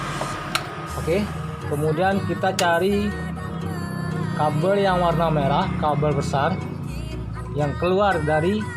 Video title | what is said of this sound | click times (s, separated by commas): Mencari dan memperbaiki setater motor yg tidak bisa di setater | sampai ada bunyi klek. | 0.6 s